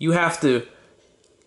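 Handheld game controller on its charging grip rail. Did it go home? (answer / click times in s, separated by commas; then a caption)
partly / 1.2 s, 1.4 s. A handheld game controller is slid back up on its charging grip rail, after being fully seated there with a snap, because it won't charge that way; it ends only barely in the plug, half-seated. Someone talks over the first 0.6 seconds, then two faint ticks are heard at 1.2 and 1.4 seconds as it slides up.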